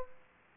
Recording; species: mosquito wingbeat signal from an infrared sensor; Aedes aegypti